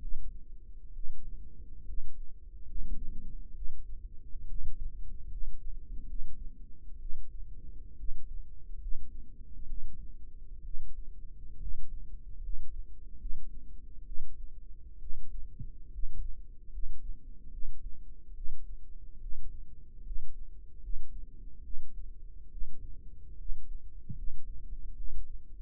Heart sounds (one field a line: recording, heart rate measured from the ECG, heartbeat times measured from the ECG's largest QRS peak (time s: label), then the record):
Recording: heart sounds by microphone in the right ear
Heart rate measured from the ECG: 70 bpm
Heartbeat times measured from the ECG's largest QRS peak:
0.93 s: heartbeat
1.85 s: heartbeat
2.66 s: heartbeat
3.53 s: heartbeat
4.46 s: heartbeat
5.28 s: heartbeat
6.06 s: heartbeat
6.99 s: heartbeat
7.96 s: heartbeat
8.79 s: heartbeat
9.66 s: heartbeat
10.63 s: heartbeat
11.59 s: heartbeat
12.41 s: heartbeat
13.18 s: heartbeat
14.04 s: heartbeat
14.99 s: heartbeat
15.91 s: heartbeat
16.71 s: heartbeat
17.50 s: heartbeat
18.34 s: heartbeat
19.20 s: heartbeat
20.03 s: heartbeat
20.81 s: heartbeat
21.62 s: heartbeat
22.50 s: heartbeat
23.37 s: heartbeat
24.15 s: heartbeat
24.95 s: heartbeat
From the record:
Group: healthy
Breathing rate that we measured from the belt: 16 breaths a minute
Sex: female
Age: 22 years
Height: 163 cm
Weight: 67.1 kg